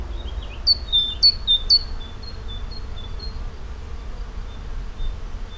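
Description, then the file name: Great tit song: bright two-note phrases, a high note dropping to a lower one, repeated rapidly several times, then fading over a steady low rumble. "Parus major"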